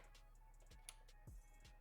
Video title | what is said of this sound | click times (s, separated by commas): The Most Adorable Gaming PC Build – Hello Kitty Ryzen 9 9900X in HYTE X50 Air | lock in place. And now that isn't going anywhere. It's nice and tight. | 0.9 s